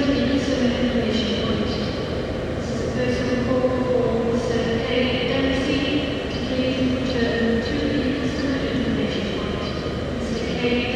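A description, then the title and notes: Inside a busy central station, a constant low rumble of trains and machinery fills the space, with faint tonal hums holding steady throughout. Scattered voices and brief clacks rise and fall in the background, and the overall level stays dense and even. Central Station. I did have to wait for my train.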